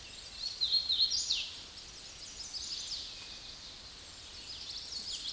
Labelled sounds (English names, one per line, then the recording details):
Hooded Warbler song
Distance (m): 25 m
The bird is about 15 m above the microphone
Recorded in a Pennsylvania forest on 16 May 2024 at 08:29
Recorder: AudioMoth, point MSD-2417
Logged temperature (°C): 16.4 °C
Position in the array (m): 121 m, 75 m